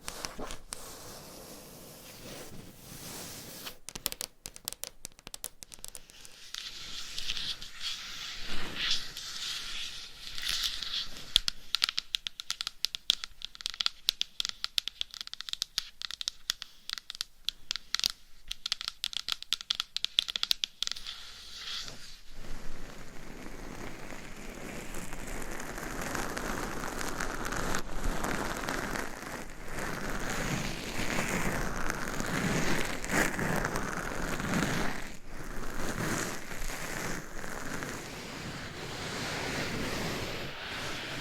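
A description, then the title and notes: Crisp scratching and tapping fill the first twenty seconds, a dense run of quick bright clicks and scrapes. Around the midpoint it shifts to a smoother, fuller rubbing or brushing sound that continues steadily, with occasional taps. No voices. Changing Triggers Every 30 Seconds Scratching , Tapping , Massage & More No Talking.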